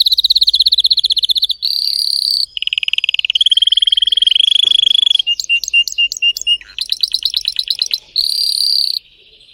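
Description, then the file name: Canary (Spanish Timbrado): canary song with rapid rolling trills and buzzy tours, switching between high metallic rattles and lower liquid rolls, plus bell-like clicking notes midway. Domestic canary singing, described as Belgian Spanish Timbrado. "canto do canario belga timbrado espanhol"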